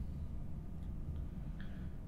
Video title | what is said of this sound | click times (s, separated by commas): Firmware Update for ATN ThOR 4 - How To Guide | just like that slide it in and push it in until you hear a little click | 1.6 s